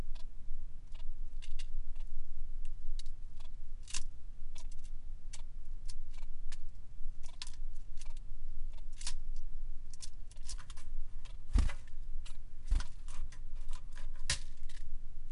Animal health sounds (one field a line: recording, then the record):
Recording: song of a male Bengalese finch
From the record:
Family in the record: son of father 3